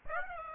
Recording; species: mosquito wingbeat signal from an infrared sensor; Aedes aegypti